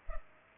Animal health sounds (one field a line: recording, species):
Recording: mosquito wingbeat signal from an infrared sensor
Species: Culex pipiens